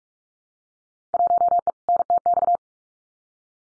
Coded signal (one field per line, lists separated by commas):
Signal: Morse code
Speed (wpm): 46 wpm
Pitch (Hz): 700 Hz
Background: none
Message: 1E NTX